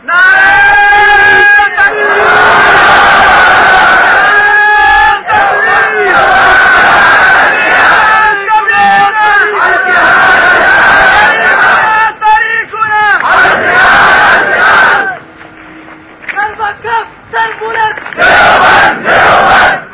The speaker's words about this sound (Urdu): ساتھ ہی نعرے کے ذریعے سے استقبال فرمایا کافر کا.